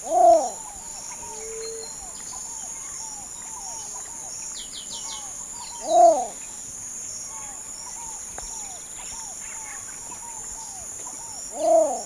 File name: canto do socoi vermelho